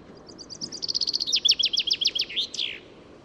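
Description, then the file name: Common chaffinch song phrase, a tumbling series of high notes that drops in pitch through loud repeated syllables before finishing in a short twisted flourish. "Fringilla coelebs"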